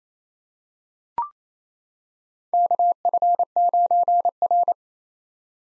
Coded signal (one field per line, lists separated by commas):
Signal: Morse code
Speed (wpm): 28 wpm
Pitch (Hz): 700 Hz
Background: none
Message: KF9R